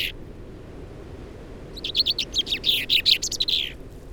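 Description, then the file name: Common chaffinch song: a short note, then a fast series of bright notes lasting about two seconds, over a steady low background hiss. "Fringilla coelebs"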